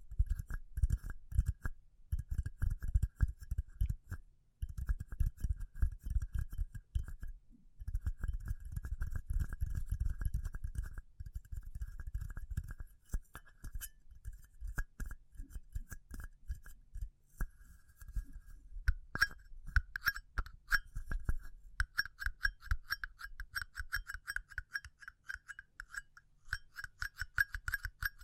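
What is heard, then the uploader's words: Fast tapping in dense bursts with low thuds, slowing and turning sharper and more clicky after about nineteen seconds, with light clinking. ASMR Pure Tapping Fast and Slow (No Talking).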